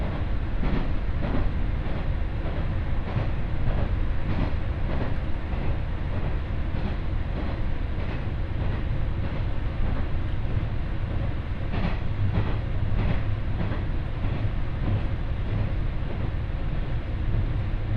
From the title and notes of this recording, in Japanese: 耳で楽しむ鉄道旅 井原鉄道 早雲の里荏原→総社。